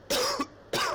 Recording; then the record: coughing mixed with background sound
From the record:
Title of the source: Coughing 60